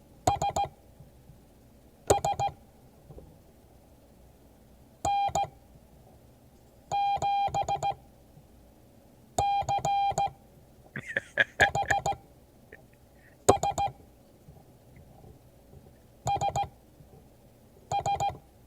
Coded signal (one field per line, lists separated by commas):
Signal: Morse code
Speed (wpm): 16 wpm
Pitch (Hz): 800 Hz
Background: none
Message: SS N7CHS SS